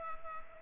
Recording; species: mosquito wingbeat signal from an infrared sensor; Culex pipiens